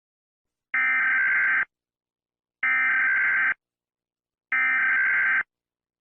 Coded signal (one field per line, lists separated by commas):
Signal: Emergency Alert System (SAME) tones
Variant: header bursts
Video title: Arkansas EAS #2